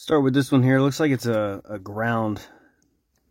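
Someone talks while handling a ground wiring connector that is about to be plugged back into its mating socket during reassembly. After the talking stops, only two faint ticks are heard, near 2.8 and 3.2 seconds. The connector has not seated or clicked yet.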